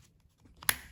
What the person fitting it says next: Quarter turn clicks into place.